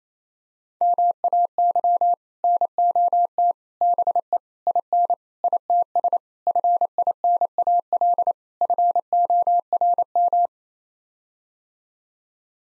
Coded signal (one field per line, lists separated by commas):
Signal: Morse code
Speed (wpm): 27 wpm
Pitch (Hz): 700 Hz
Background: none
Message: MAY NOT BE IN ITS FINAL FORM